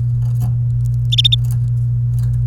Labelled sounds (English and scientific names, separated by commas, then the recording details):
Domestic Canary (Serinus canaria) song
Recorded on 28 April 2018 at 10:37
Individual llb3